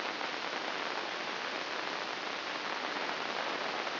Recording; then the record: brain microelectrode recording played as sound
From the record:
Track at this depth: inside the subthalamic nucleus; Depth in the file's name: 1.407 mm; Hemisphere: right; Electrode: 2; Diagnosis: Parkinson's disease